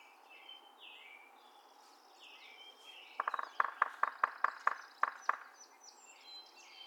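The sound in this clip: Yellow-bellied Sapsucker drumming, about ten sharp knocks in two seconds with uneven spacing, while other birds twitter and whistle in the background.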